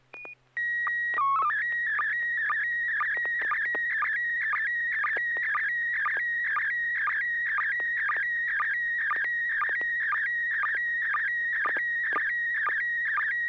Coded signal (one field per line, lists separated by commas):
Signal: SSTV (slow-scan television)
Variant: PD 120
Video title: N6NA SSTV Net - 09/03/2025